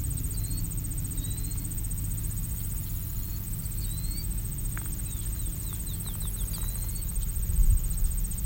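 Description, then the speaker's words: Killdeer giving thin, high 'dee' notes at irregular intervals over a steady low rumble. Field shorebird living in fields and parking lots; at this season it gives mostly the 'deer' call rather than the full 'killdeer' call; recorded live with many insects calling. "This time of season, it's more the deer call rather than the killdeer call."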